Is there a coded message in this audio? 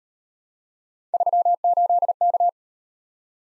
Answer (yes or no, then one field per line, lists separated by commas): yes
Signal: Morse code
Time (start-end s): 1.1-2.5 s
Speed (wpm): 36 wpm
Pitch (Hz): 700 Hz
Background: none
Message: 38K